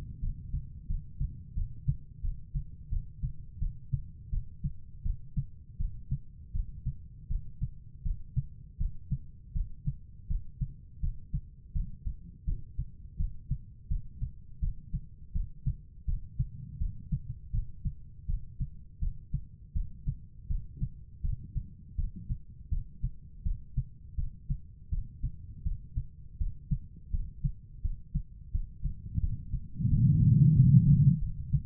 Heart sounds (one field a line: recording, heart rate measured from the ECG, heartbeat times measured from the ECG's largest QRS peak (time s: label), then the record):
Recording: heart sounds by stethoscope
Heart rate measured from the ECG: 83 bpm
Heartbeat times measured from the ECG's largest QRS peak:
0.20 s: heartbeat
0.87 s: heartbeat
1.55 s: heartbeat
2.22 s: heartbeat
2.90 s: heartbeat
3.59 s: heartbeat
4.30 s: heartbeat
5.03 s: heartbeat
5.78 s: heartbeat
6.53 s: heartbeat
7.28 s: heartbeat
8.03 s: heartbeat
8.78 s: heartbeat
9.53 s: heartbeat
10.28 s: heartbeat
11.01 s: heartbeat
11.73 s: heartbeat
12.45 s: heartbeat
13.17 s: heartbeat
13.89 s: heartbeat
14.60 s: heartbeat
15.33 s: heartbeat
16.06 s: heartbeat
16.79 s: heartbeat
17.52 s: heartbeat
18.27 s: heartbeat
19.00 s: heartbeat
19.74 s: heartbeat
20.48 s: heartbeat
21.22 s: heartbeat
21.96 s: heartbeat
22.70 s: heartbeat
23.44 s: heartbeat
24.16 s: heartbeat
24.90 s: heartbeat
25.64 s: heartbeat
26.38 s: heartbeat
27.11 s: heartbeat
27.82 s: heartbeat
28.52 s: heartbeat
29.21 s: heartbeat
29.89 s: heartbeat
30.55 s: heartbeat
31.19 s: heartbeat
From the record:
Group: healthy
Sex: female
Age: 51 years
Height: 162 cm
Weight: 70.04 kg